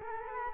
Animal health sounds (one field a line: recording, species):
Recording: mosquito wingbeat signal from an infrared sensor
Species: Culex quinquefasciatus